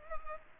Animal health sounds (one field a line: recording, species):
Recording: mosquito wingbeat signal from an infrared sensor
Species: Culex pipiens